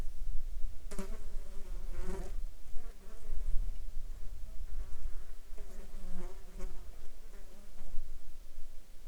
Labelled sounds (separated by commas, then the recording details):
insects
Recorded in the Arctic National Wildlife Refuge, Alaska, on 14 July 2019 at 19:37
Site 35